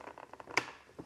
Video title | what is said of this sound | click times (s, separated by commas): Unboxing and Using the Nama M1 - Homemade Hemp/Oat Milk Made Easy | and you hear a little click and it's ready to go. | 0.6 s